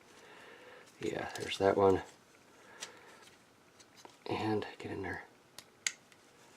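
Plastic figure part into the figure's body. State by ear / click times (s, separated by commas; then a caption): seated / 5.9 s. A plastic part of a plastic transforming robot figure is pushed into the figure's body during transformation and snaps into position with a sharp click at 5.9 s. The part is locked into place. Someone talks before the click, and a few small plastic handling ticks are heard.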